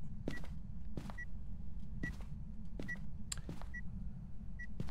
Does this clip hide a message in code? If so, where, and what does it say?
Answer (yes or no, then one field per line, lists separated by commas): no